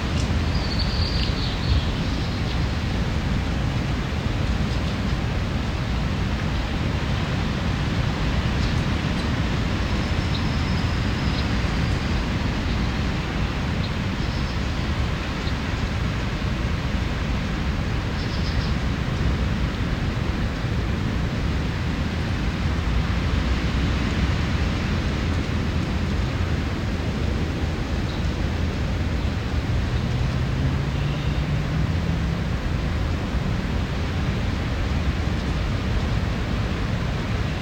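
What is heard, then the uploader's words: At a nature preserve near a beach, a steady, dense rush of low wind or surf fills the whole recording without letup. Faint high bird calls appear near the start and around eighteen seconds, and a low engine hum briefly rises near thirty seconds. Near Sammy’s Beach Road, East Hampton, New York. IPhone Xs max with thin cotton cloth draped over microphones. The recording was taken a little ways off the road in a nature preserve near Sammy’s Beach in East Hampton.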